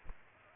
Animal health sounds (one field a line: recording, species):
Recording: mosquito wingbeat signal from an infrared sensor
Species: Aedes aegypti